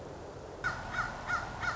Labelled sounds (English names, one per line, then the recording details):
Song Sparrow
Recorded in Sonoma County, California